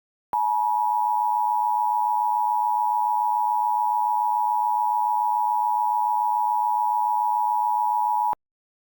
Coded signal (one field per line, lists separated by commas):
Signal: Emergency Alert System (SAME) tones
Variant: 853 and 960 Hz attention tone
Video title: EAS Scenario - Clifford the Big Red Dog